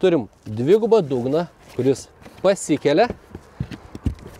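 Someone talks while the double false-floor panel in the luggage compartment of a Volvo V60 is being lifted toward its locked raised position, with a few short knocks near the end around 4.0, 4.1 and 4.4 s. The panel has not latched into place yet.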